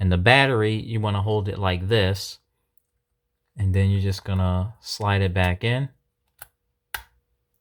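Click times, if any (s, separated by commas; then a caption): 7.0 s. A rechargeable battery is slid back into the battery compartment of a GoPro Hero 7 Black action camera while someone talks. After a pause, a soft tap at 6.4 s is followed by a sharp click at 7.0 s as the battery seats home.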